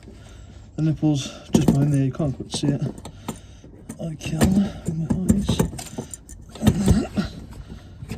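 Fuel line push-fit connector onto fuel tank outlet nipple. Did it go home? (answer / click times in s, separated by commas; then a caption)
no / none. Someone talks while reaching behind the fuel tank of a 2017-on VW Crafter / MAN TGE during a diesel heater install, lining up a fuel line push-fit connector on the hidden tank outlet nipple. Only handling and rattling sounds are heard. Nothing has seated or clicked yet.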